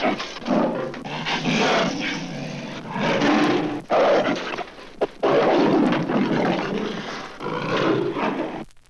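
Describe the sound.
Leopard giving rough, rasping growls and snarls in repeated surges, some cut off sharply, with short quiet gaps between outbursts.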